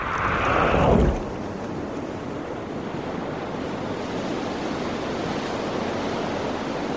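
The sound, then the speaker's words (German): Waves on a lonely beach in a quiet bay of a small island: a wave crashes loudly in the first second, its bright foamy burst fading into a steady, broad roar of surf and wash that continues unbroken to the end, with no voices. “Ganz einsamer Strand.”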